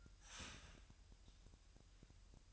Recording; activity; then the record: daily activity, microphone in the room; start toaster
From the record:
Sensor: 2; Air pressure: 1001.9 hPa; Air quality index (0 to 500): 248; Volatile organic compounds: 39 ppm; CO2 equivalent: 3134 ppm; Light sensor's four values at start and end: 9/30/12/11 and 9/30/12/11